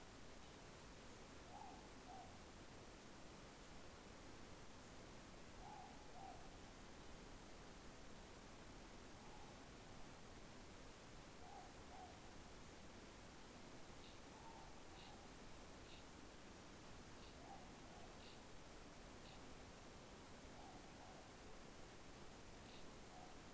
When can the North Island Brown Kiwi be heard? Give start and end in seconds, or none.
none